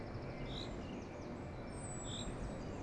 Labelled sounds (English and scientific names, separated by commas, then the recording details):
Common Chaffinch (Fringilla coelebs)
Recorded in Germany
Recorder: ecoPi